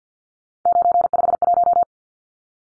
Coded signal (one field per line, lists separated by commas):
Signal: Morse code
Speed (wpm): 49 wpm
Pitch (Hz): 700 Hz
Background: none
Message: 951